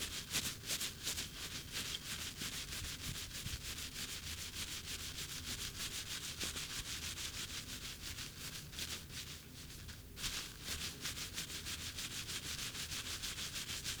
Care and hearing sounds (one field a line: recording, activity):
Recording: daily activity, guitar pickup as the sensor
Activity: brush teeth